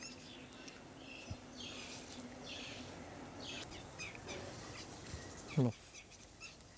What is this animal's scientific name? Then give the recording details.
Callipepla californica. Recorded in captivity. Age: adult. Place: Zoo Berlin, Berlin, DE. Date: 2003-11-13 13:13. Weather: heiter, ca. 0°C. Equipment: Fair Mate ST-1328 (Asahi Electronics, Japan), Sennheiser ME 80, Kopie Uher 4000 Report Monitor. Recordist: Tembrock, Günter. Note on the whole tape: Rufreihe